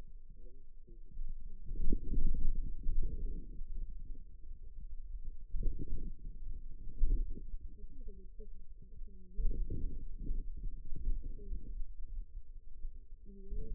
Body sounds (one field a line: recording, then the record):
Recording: forearm muscle sounds (acoustic myography)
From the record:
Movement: outward rotation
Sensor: system 2, bracelet of six BSWA MPA416 microphones around the upper forearm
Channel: 4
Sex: female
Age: 21 years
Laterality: right